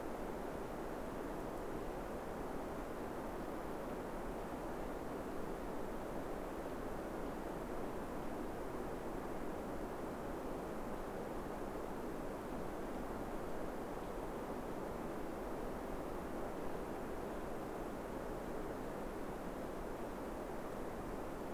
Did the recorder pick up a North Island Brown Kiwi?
no